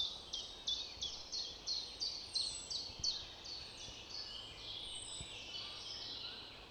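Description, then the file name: Eurasian wren: a rattling string of hard, high ticks that fades toward the end, with faint ambient noise behind. "Troglodytes troglodytes"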